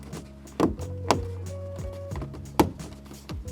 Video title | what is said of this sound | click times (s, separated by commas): Upgrade Volkswagen Golf LED Lights - 6th Gen 2010-2014 | make sure all four sides click into place and the | 1.1 s, 2.6 s